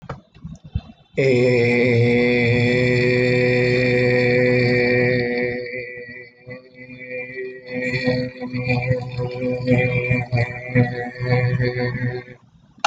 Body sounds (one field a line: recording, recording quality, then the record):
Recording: sustained vowel as in made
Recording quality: excellent, no background noise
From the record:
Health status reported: healthy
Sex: male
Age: 20 years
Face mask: worn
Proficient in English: yes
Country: India